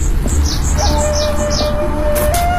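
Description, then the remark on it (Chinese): Small birds chirp in a quick series of high, bright tweets, repeating over a steady background hiss, with a thin sustained whistling tone running underneath. “哦，小鸟叫，真的”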